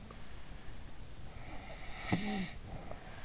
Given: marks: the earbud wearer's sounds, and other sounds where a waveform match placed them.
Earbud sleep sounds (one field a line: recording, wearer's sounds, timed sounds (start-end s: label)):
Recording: sounds in sleep by an in-ear microphone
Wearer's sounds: snoring breath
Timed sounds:
0.95-3.07 s: snoring breath